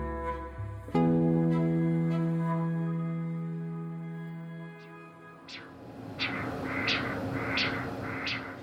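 Heartbeat of a chicken embryo picked up by a Doppler ultrasound probe placed over the ventricle, with the ventricle contracting and pushing blood through a valve opening. The embryo, in a glass bowl covered with plastic wrap, is kept warm because its heart rate is low. Recorded in Professor Ray Runyan's lab at the University of Arizona.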